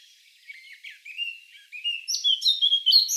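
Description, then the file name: Eurasian blackcap song: quiet, throaty twittering swelling into a few clear, loud whistled notes that rise sharply at the end. "Sylvia atricapilla"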